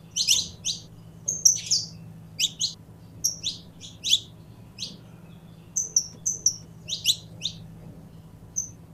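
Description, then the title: Belgian canary singing a lively run of sharp descending chirps and steady whistled notes, phrases coming in quick clusters with brief pauses, soft low hum beneath. Purebred Belgian canary. "Canto Do Canário Belga Puro"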